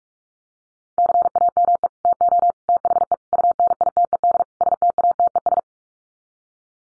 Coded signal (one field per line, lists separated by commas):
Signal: Morse code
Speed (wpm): 44 wpm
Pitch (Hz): 700 Hz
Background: none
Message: CAME TO THE UNITED STATES